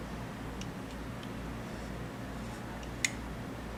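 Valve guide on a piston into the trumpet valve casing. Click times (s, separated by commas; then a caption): 3.1 s. An oiled trumpet piston valve is pushed halfway down and twisted in its metal valve casing, with faint small ticks over a low steady hum. At 3.1 seconds, one sharp click sounds as the plastic valve guide seats into its slot, aligning the valve.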